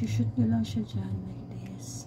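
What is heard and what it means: A plastic attachment head is being slid onto a pet hair trimmer body while someone talks. The attachment is handled but has not snapped into place yet, and nothing has seated or clicked before the clip ends.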